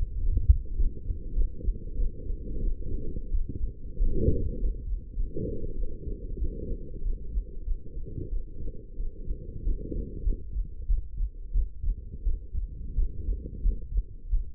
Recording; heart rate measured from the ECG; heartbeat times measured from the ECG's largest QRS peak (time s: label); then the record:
heart sounds by stethoscope; 94 bpm
0.21 s: heartbeat
0.76 s: heartbeat
1.34 s: heartbeat
1.96 s: heartbeat
2.61 s: heartbeat
3.30 s: heartbeat
3.96 s: heartbeat
4.58 s: heartbeat
5.15 s: heartbeat
5.76 s: heartbeat
6.38 s: heartbeat
7.02 s: heartbeat
7.64 s: heartbeat
8.29 s: heartbeat
8.97 s: heartbeat
9.63 s: heartbeat
10.23 s: heartbeat
10.87 s: heartbeat
11.52 s: heartbeat
12.23 s: heartbeat
12.95 s: heartbeat
13.62 s: heartbeat
14.29 s: heartbeat
From the record:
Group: healthy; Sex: female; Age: 19 years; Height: 163 cm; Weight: 51 kg